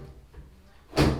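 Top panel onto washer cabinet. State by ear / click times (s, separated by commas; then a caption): not seated / none. The top panel of a Maytag Bravos Steam washing machine is closed and slid back onto the washer cabinet after a transmission replacement. A low, quiet hum runs until about 0.95 s, then a loud broadband rush of panel handling swells and carries to the end. Nothing has seated or locked in place yet.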